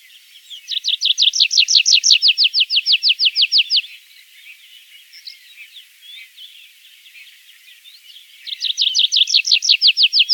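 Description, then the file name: Tree pipit song: a fast trill of rapid repeated notes lasting about three seconds, a pause with faint twittering, then another trill begins near the end. "konek lesnojj"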